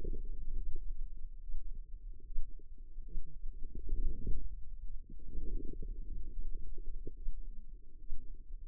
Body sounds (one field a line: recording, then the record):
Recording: forearm muscle sounds (acoustic myography)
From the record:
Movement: wrist flexion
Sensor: system 2, bracelet of six BSWA MPA416 microphones around the upper forearm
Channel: 1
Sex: female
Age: 25 years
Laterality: right